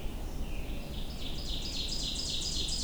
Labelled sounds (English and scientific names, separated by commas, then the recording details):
Ovenbird (Seiurus aurocapilla) song
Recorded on 23 June 2016 at 07:41
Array SBT-6-76